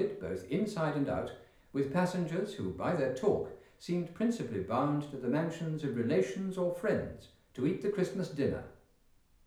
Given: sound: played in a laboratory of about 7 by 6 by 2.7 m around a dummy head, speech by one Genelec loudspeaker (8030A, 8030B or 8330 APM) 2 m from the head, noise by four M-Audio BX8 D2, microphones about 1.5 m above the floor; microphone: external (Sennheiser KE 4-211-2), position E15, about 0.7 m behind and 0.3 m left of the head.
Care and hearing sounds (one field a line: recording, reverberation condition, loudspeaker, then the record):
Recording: male speech in English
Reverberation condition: medium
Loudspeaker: 120 degrees to the right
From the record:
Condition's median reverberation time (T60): about 510 ms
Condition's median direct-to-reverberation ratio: about -0.5 dB